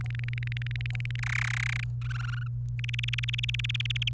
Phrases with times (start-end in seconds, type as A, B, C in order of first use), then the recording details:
0.01-1.16 A, 1.18-1.84 B, 2.02-2.47 C, 2.79-4.09 D. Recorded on 28 April 2018 at 17:55. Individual llb3